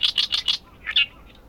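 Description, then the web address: Bird calls: four quick high chirps, then two more notes after a short pause, in near silence. "yacho koe"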